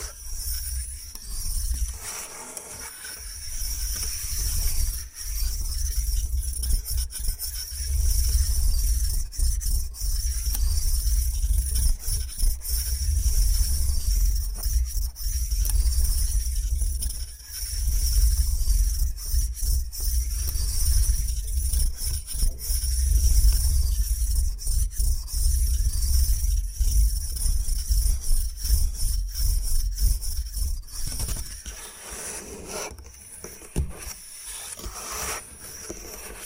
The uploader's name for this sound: Bamboo Tapping, Scratching and Brushing Sounds